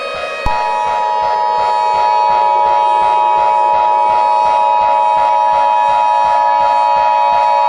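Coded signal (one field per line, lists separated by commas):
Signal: Emergency Alert System (SAME) tones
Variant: 853 and 960 Hz attention tone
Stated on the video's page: Fictional emergency alert scenario, not a real broadcast.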